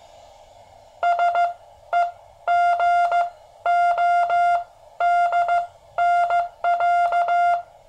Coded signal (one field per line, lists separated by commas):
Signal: Morse code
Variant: Russian alphabet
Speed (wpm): 15 wpm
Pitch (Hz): 700 Hz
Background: none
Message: СЕГОДНЯ